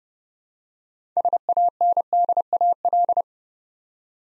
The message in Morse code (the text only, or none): SANDAL